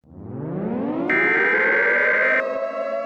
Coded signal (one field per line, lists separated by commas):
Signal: Emergency Alert System (SAME) tones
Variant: header bursts